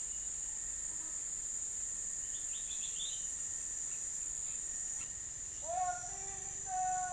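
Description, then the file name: Bird calls, a few faint high chirps followed by a short series of clear whistled notes near the end, over steady insect-like hiss. Recorded in the US on 17 December 2021 at 11:22. "US 1 20211217 112255 birds"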